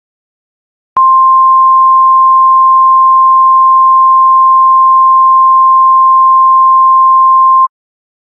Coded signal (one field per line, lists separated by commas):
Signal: Emergency Alert System (SAME) tones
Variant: 1050 Hz attention tone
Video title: “Yellowhammer’s Nightmare” EAS Scenario